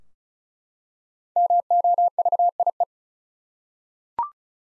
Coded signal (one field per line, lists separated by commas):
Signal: Morse code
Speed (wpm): 36 wpm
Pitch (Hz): 700 Hz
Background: none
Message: MOVIE